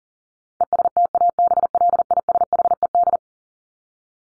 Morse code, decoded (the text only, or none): ESTABLISHED